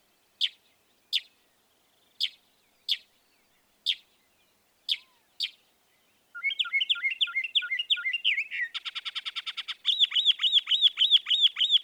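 Northern mockingbird song: several sharp chips with short pauses, then rapid varied phrases, a fast trill and a run of looping whistled notes.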